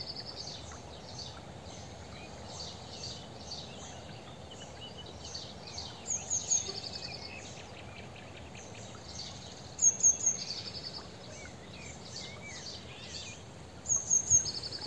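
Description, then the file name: Eurasian blue tit calls: three bouts of sharp, high-pitched triple notes, each trailing into a buzzy churr, spaced about four seconds apart, with low background noise. "Cyanistes caeruleus"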